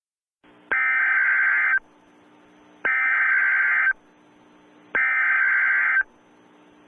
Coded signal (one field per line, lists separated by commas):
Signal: Emergency Alert System (SAME) tones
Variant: header bursts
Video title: EAS Scenario #1.5, Evil Puro, Alt Ending